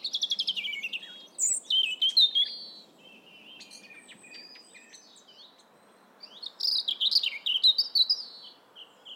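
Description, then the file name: European robin song: high, thin warbling phrases with quick trills and slurred notes, given in three bursts, the last after a pause of a few seconds. "Erithacus rubecula"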